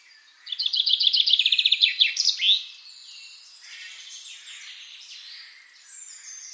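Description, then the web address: Common chaffinch song: a brisk series of repeated notes ending in a sharp flourish, then soft twittering of other birds. "SETE Fringilla coelebs"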